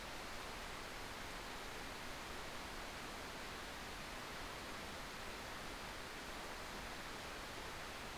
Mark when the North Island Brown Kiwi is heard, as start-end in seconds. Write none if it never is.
none